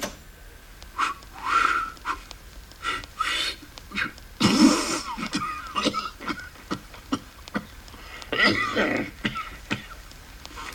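Someone clumsily whistles backward by sucking air inward instead of blowing out, producing breathy, wheezy squeaks and airy hisses in irregular bursts, a faltering, rhythmically and melodically mangled attempt at Wagner's Ride of the Valkyries, with no talking.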